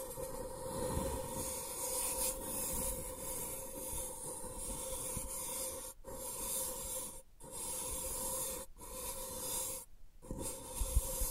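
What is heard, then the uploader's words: Steady tracing and rubbing against a sensitive microphone makes a dense, rough hiss with a constant mid-pitched hum underneath. The sound cuts out completely for brief moments around six, seven, nine and ten seconds, then resumes at the same level. ASMR Sensitive Tracing (No Talking).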